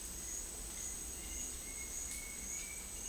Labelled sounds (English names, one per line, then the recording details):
Bright-rumped Attila
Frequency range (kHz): Bright-rumped Attila 1.6-3.4 kHz
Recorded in dense forest near Puerto Asís, Putumayo, Colombia, on 19 February 2024 at 09:00
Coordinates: 0.484, -76.317
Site G6464